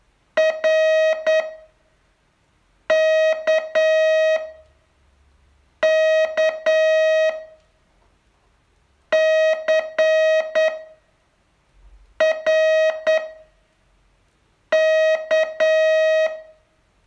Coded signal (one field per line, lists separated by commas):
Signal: Morse code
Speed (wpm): 8 wpm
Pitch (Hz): 630 Hz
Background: music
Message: R K K C R K